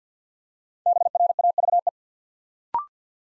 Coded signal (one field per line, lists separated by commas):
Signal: Morse code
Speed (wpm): 50 wpm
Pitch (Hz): 700 Hz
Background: none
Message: BRAVE